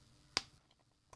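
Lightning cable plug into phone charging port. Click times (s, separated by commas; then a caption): 0.4 s. An original Lightning cable plug is pushed into an iPhone charging port and seats with a sharp, distinct click at 0.4 s, the sign of a genuine cable. A faint tick follows at 0.7 s and a smaller click at 1.1 s against a quiet background.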